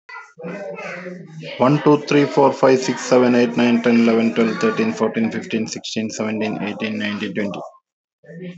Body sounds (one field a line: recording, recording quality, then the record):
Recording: counting at a fast pace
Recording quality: excellent, no background noise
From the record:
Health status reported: healthy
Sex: male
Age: 36 years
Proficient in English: yes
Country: India